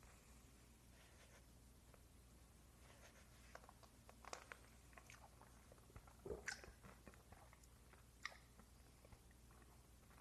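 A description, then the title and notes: A person eating, with scattered crisp clicks and small crunches spread across the clip. The chewing sounds grow busier toward the middle, with a louder cluster around six seconds and a sharp snap near eight seconds, over a steady low hum. A PERSON EATING.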